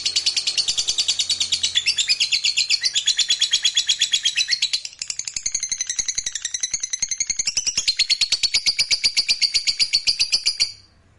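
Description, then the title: Lovebird extended trill of rapid buzzy notes over ten seconds, pitch shifting between sections, ending abruptly in quiet. Fighter-type lovebird performing ngekek panjang, a long drawn-out trill. "Begitu Dengar Suara Lovebird FIGHTER NGEKEK PANJANG"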